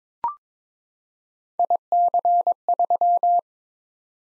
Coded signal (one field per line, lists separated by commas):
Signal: Morse code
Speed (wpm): 22 wpm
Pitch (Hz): 700 Hz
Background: none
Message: IC3